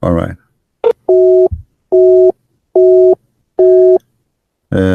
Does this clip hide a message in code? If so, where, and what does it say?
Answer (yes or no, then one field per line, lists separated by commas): no